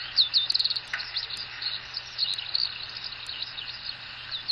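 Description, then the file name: Eurasian skylark song: a rapid, unbroken stream of high, twittering, warbled notes, with a faint low steady hum underneath. Recorded 2 May 2014. "ヒバリ 140502 遠藤"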